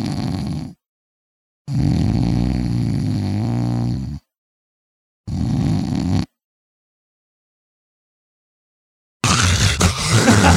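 An adult imitates the snoring pattern of sleep apnea: loud, low-pitched snoring bursts broken by silent pauses where breathing stops, then snoring starts again.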